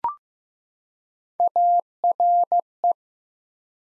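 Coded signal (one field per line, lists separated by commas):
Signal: Morse code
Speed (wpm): 15 wpm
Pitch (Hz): 700 Hz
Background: none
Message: ARE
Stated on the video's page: Morse practice drill, sets of two words at 15 wpm with 3x word spacing, Farnsworth-like method.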